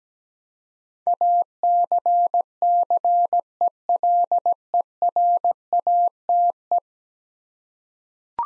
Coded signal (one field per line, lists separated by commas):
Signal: Morse code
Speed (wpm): 17 wpm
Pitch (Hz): 700 Hz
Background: none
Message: ACCELERATE